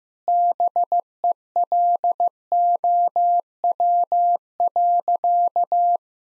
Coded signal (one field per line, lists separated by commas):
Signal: Morse code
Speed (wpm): 15 wpm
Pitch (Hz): 700 Hz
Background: none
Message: BELOW.